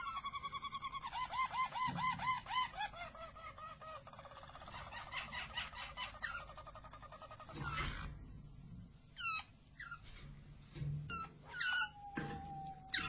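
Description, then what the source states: Harz Roller canary song opening with bubbling rolled trills, then breaking into scattered sliding whistles and short chirps with gaps. Harz Roller canary, described as a Belgian canary; its song.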